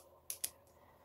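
The barrel section of a resin-coated retractable INKJOY ink pen is pushed onto the pen body during reassembly, producing two short, sharp clicks at 0.3 and 0.4 seconds. The parts seat together. Previously, a black inner piece kept popping out and stopped it from clicking.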